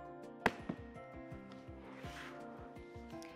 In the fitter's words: you'll hear a click once it's in place